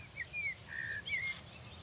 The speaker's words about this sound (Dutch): Ik hoor een zanglijster en een merel.